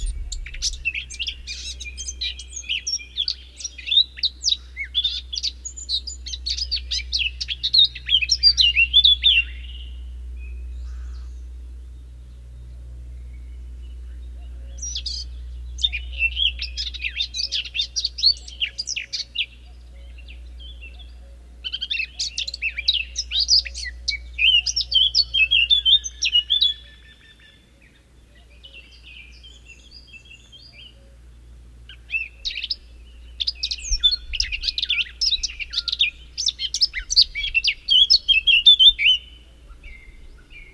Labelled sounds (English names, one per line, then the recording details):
Eurasian Blackcap song
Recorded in the wild
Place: Ciucurova, Dobrogea, RO
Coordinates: 44.933, 28.483
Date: 1976-05-30
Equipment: Nagra III BH, Sennheiser MD 21, parabola
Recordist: Schubert, Michael